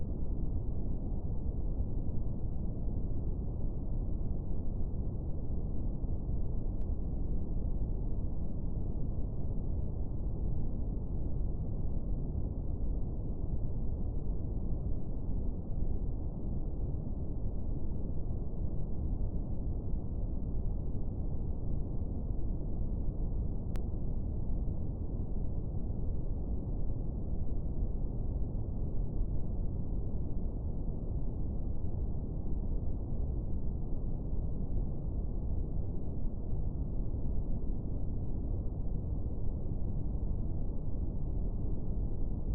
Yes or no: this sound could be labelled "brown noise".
yes